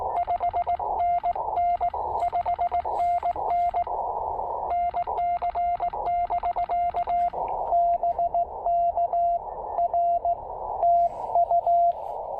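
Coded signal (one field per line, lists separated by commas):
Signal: Morse code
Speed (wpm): 18 wpm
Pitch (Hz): 700 Hz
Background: radio noise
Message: 5NN 5NN NC<BK> BK R TU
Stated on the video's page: QRP POTA CW activation on 40 meters using a Yaesu FT-817ND with a new filter, a pressure paddle and an MC-750 antenna.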